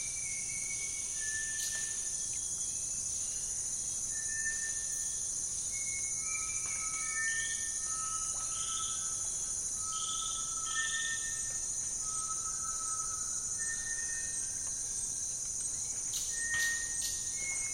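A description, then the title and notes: Afternoon in the Amazon basin: a constant high insect drone overlies scattered short, clear bird whistles repeating every second or two, with soft low murmur beneath. Amazon basin - Afternoon - Lazy birdsong. Lazy afternoon by a slow flowing stream in the Amazon basin.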